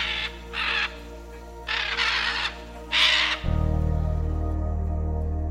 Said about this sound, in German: Aber dann höre ich endlich über mir die markanten Schreie einer Gruppe von Aras, der Scarlet Macaw. Was für prächtige Vögel!